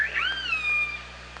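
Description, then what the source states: Orca call: one harmonic call that sweeps up, then holds level while slowly falling, over a low steady hum. Recorded at OrcaLab on 24 August 2017 at 07:50.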